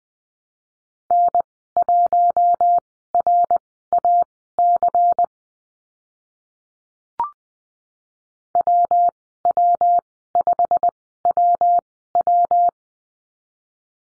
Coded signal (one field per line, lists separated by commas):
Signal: Morse code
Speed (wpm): 20 wpm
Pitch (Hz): 700 Hz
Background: none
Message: N1RAC WW5WW